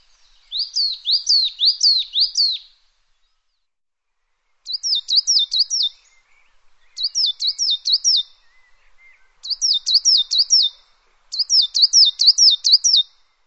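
Bird calling in rapid runs of high, looping, whistled notes, several per burst, with each burst repeated after short pauses in a quiet background.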